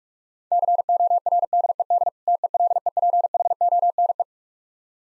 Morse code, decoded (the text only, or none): CORDED TELEPHONE